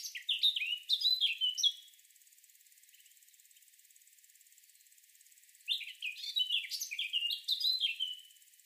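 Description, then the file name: Eurasian blackcap warbling in two bursts of quick, scratchy, varied notes, separated by a few seconds of quiet with a faint steady hiss. "Sylvia atricapilla"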